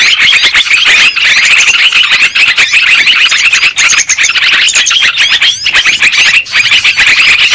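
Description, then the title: Dense lovebird chattering: rapid, piercing chirps and squeals pour out continuously, with a couple of short pauses in the din. Lure sound used for trapping lovebirds. "PIKAT BURUNG LOVEBIRD"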